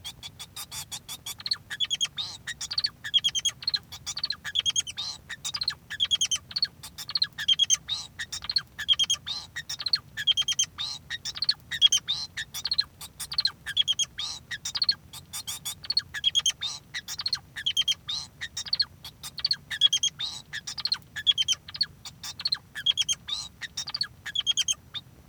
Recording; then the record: song of a male Bengalese finch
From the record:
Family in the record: son of father 2